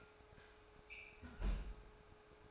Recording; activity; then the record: daily activity, microphone in the room; close fridge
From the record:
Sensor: 2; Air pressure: 1004.4 hPa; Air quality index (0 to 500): 185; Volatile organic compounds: 10 ppm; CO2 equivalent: 2222 ppm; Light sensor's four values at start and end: 4/10/4/4 and 4/10/4/4